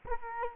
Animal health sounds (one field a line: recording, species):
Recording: mosquito wingbeat signal from an infrared sensor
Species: Culex quinquefasciatus